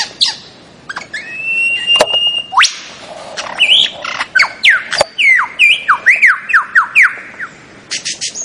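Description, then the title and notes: Bird song with a long steady whistle, then a quick run of descending slurred notes. Bird ringtone with a melodious voice. "Burung Dengan Suara Merdu"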